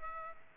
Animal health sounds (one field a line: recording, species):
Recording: mosquito wingbeat signal from an infrared sensor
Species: Culex pipiens